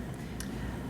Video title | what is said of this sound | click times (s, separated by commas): Machine Minute - Voile and Fine Fabrics | the roller foot simply snaps into place on the machine | 0.4 s